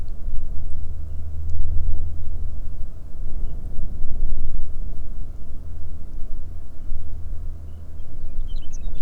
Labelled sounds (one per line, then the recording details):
songbird
wind
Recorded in the Arctic National Wildlife Refuge, Alaska, on 21 May 2019 at 12:55
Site 38